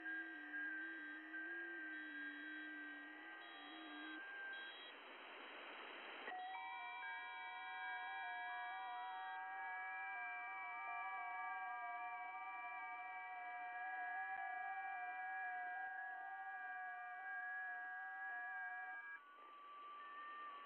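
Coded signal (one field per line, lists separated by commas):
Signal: FT8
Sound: many soft overlapping warbling tones stepping slowly in pitch, then stopping together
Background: radio static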